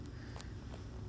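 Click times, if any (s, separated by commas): none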